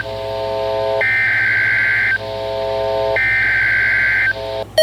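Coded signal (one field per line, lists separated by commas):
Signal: Emergency Alert System (SAME) tones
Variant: header bursts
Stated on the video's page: Child abduction emergency alert received on NOAA Weather Radio.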